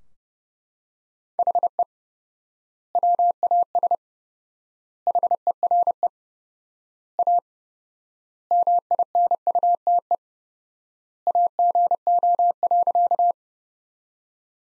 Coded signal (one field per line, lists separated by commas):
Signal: Morse code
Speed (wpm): 29 wpm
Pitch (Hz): 700 Hz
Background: none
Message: HE WAS HERE A MINUTE AGO.